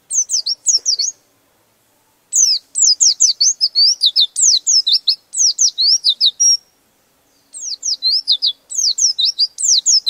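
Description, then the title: White-eye singing repeated bursts of fast, high-pitched slurred chirps and trills with brief silent pauses between phrases. "Pleci"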